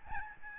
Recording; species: mosquito wingbeat signal from an infrared sensor; Aedes albopictus